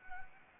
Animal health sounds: mosquito wingbeat signal from an infrared sensor; Anopheles arabiensis

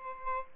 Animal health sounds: mosquito wingbeat signal from an infrared sensor; Aedes albopictus

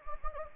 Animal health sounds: mosquito wingbeat signal from an infrared sensor; Anopheles gambiae

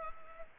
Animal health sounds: mosquito wingbeat signal from an infrared sensor; Culex pipiens

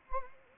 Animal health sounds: mosquito wingbeat signal from an infrared sensor; Anopheles gambiae

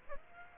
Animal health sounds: mosquito wingbeat signal from an infrared sensor; Aedes aegypti

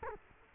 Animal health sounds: mosquito wingbeat signal from an infrared sensor; Culex quinquefasciatus

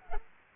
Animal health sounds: mosquito wingbeat signal from an infrared sensor; Culex pipiens

